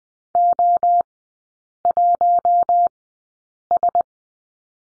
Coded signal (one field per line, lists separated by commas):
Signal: Morse code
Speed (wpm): 20 wpm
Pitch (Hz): 700 Hz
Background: none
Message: O1S